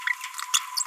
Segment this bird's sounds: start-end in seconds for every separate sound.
0.07-0.12, 0.54-0.58, 0.77-0.82